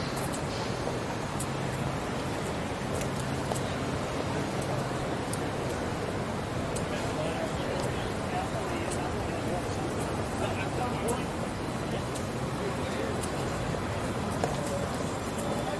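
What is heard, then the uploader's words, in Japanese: A busy city street heard while walking, with a dense, steady rumble of traffic and a tram, and people's voices mixed throughout. Short sharp clicks and ticks recur every second or so, like a pedestrian signal or construction tapping, and a low hum runs early on. George Street を Circular Quay から Townhall まで歩く。ビジネスマンが忙しく行き交うビジネス街を歩きながらいろんな音を楽しみます。TRAMの音 歩く人たちの声 歩行者用信号の音 工事の音。ステレオ音声。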